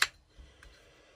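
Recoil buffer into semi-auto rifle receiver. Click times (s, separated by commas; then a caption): 0.0 s. A replacement recoil buffer for a Marlin Model 922M semi-auto rifle is pressed into the receiver and snaps into place with a sharp click at 0.0 s, followed by a fainter tick at about 0.6 s. The buffer is seated.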